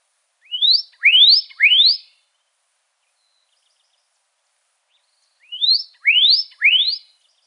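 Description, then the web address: Pyrrhuloxia uttering upward-sliding whistles, three in quick succession, then silence, then another matching trio of rising notes. Recorded in Arizona on 3 March 2008. "Grosbeaks Buntings PYRR 080303. Deviche"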